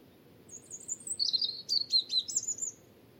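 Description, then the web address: European robin song, high thin warbled phrases with rapid trills and slurred notes, one phrase about two seconds long over a soft low background hum. "Deverinetal 2025 File origin Bird Only Er Ru"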